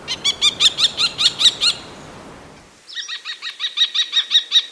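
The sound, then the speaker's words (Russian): A common kestrel (Falco tinnunculus) gives loud, shrill, piercing calls in two rapid bursts of evenly spaced 'kee-kee-kee' notes, with a brief pause between the series. “обыкновенную пустельгу, которой по латыни будет «фалка тинункулус».”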